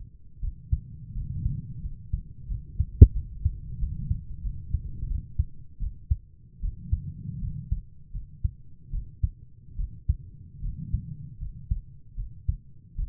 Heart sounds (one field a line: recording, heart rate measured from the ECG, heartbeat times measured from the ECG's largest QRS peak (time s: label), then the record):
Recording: heart sounds by stethoscope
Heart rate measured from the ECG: 81 bpm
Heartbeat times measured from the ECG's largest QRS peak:
0.41 s: heartbeat
1.14 s: heartbeat
1.82 s: heartbeat
2.48 s: heartbeat
3.14 s: heartbeat
3.79 s: heartbeat
4.43 s: heartbeat
5.08 s: heartbeat
5.80 s: heartbeat
6.62 s: heartbeat
7.41 s: heartbeat
8.13 s: heartbeat
8.91 s: heartbeat
9.77 s: heartbeat
10.62 s: heartbeat
11.39 s: heartbeat
12.16 s: heartbeat
12.96 s: heartbeat
From the record:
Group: healthy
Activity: rest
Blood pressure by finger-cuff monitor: 126/69 mmHg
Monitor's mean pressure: 84 mmHg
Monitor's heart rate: 79 bpm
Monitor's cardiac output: 7.1 L/min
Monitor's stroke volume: 87 mL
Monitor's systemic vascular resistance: 880 dyn s/cm5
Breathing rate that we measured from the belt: 19 breaths a minute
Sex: female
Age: 22 years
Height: 160 cm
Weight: 63 kg